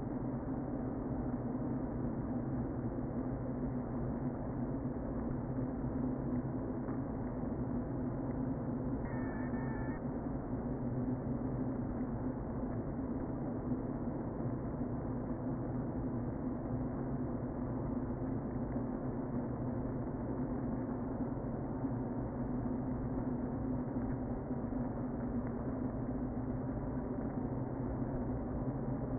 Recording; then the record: honeybee colony, microphone inside the hive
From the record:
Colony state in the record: queen present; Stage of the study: before two queens were removed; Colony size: about 60,000 bees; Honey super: yes